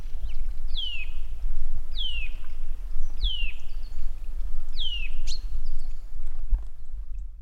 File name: Sitta europaea